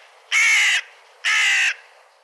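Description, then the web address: Bird giving two harsh, rasping caws about a second apart, each lasting roughly half a second, over a quiet background. "cianscape birddata"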